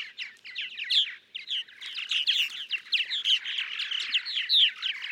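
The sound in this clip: Purple martin song, a continuous run of throaty gurgles, chirps and liquid warbles, fluttering rapidly with brief pauses, no other sounds.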